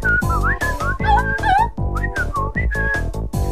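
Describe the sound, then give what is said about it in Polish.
A person whistles a lively, melodic solo with sliding high notes, riding over a steady, rhythmic band accompaniment with a strong beat. “Hej, i teraz solo gwizdowe.”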